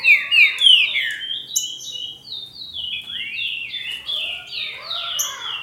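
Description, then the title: Green-winged saltator opening with loud steep downslurred whistles, then a flowing sequence of gentler falling notes. "Trinca Ferro"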